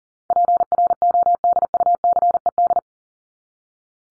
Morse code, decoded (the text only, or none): PRODUCED